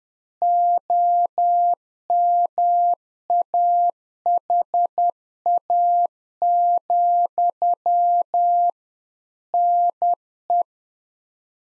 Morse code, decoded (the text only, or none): OMAHA, NE